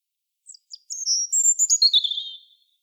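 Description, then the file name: European robin song phrase: a few soft high notes, then sweet, thin warbling that drifts gradually downward in pitch, in a quiet clean background. "Erithacus rubecula"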